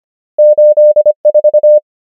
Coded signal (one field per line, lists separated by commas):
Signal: Morse code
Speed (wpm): 25 wpm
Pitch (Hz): 600 Hz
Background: none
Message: 8 4